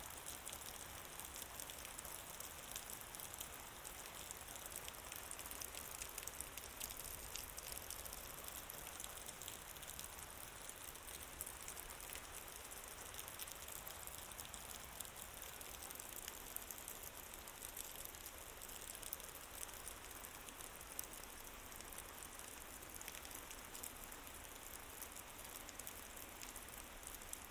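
Night downpour, a dense, steady hiss of rain on surfaces with countless fine drop patters throughout. A thin, constant high tone runs across the whole clip, and a faint low rumble sits underneath, with no distinct thunderclaps standing out.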